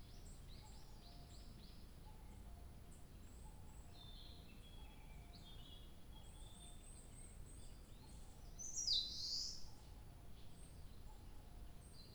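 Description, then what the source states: Bird calling: faint high chirps throughout, then one louder sharp descending high note near the end, over steady low background noise. 2 July 2023.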